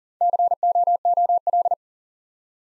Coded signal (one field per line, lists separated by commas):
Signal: Morse code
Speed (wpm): 43 wpm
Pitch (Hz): 700 Hz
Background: none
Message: COOL